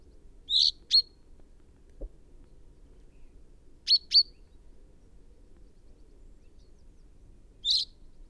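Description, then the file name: Common chaffinch giving brief sharp calls, a pair, another pair a few seconds on, then a single note; a faint low click in between. "Fringilla coelebs"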